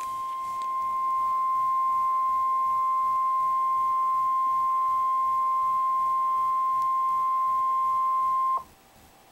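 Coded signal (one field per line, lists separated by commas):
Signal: Emergency Alert System (SAME) tones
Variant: 1050 Hz attention tone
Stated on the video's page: Real alert from NOAA Weather Radio.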